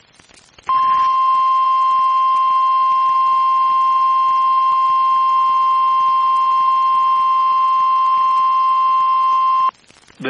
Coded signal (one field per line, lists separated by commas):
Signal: Emergency Alert System (SAME) tones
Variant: 1050 Hz attention tone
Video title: EAS #1,713 Online NOAA Weather Radio Tornado Warning #2 1/5/25